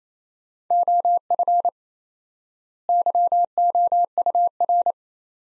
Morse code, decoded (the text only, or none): OF YOUR